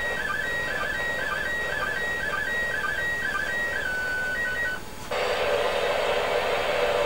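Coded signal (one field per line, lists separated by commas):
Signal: SSTV (slow-scan television)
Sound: warbling whistle-like tone with regular dips for five seconds, then loud hiss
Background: radio static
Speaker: It's the Japanese woman. Oh, yeah.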